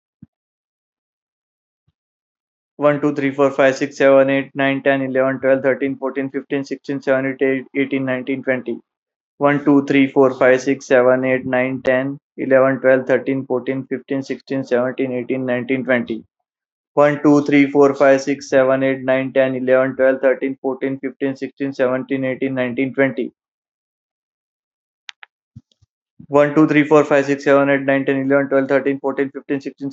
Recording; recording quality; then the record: counting at a fast pace; poor, much background noise or distortion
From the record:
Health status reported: healthy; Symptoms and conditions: none ticked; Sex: male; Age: 34 years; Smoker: yes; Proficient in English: yes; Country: India